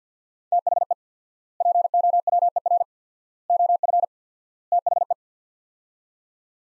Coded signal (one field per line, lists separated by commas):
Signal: Morse code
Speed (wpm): 50 wpm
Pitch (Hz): 700 Hz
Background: none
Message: THE POWER OF THE